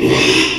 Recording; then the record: squeal of a Yucatan mini pig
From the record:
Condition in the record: after surgery on the right vocal fold (resection and tissue-engineered implant); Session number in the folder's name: 1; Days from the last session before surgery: 6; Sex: male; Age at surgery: 12 weeks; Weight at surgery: 13 kg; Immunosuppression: cyclosporine, prednisolone